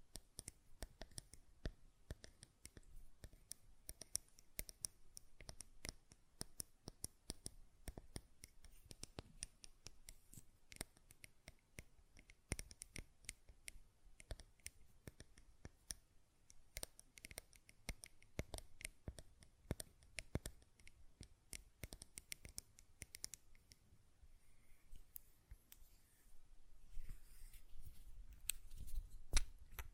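Glass perfume bottle tapping and lid sounds: dense, irregular sharp clicks and taps throughout, growing busier and louder over the last several seconds.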